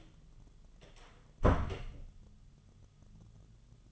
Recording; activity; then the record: daily activity, microphone in the room; close door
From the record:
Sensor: 4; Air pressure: 1005.8 hPa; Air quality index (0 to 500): 87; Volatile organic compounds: 2 ppm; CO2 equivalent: 1073 ppm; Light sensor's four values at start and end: 13/30/12/11 and 13/31/12/11